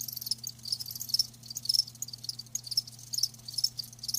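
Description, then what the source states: Crickets chirping in high, shimmering bursts over a steady low hum. Live crickets chirping, a lulling song.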